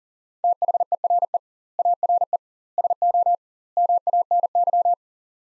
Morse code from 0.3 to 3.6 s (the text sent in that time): THERE ARE SO